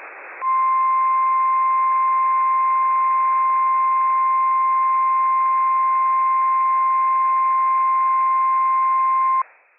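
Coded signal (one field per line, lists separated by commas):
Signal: Emergency Alert System (SAME) tones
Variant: 1050 Hz attention tone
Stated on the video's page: Required Weekly Test from NOAA Weather Radio transmitter WWF56, issued by NWS Pendleton, Oregon; operational EAS tones.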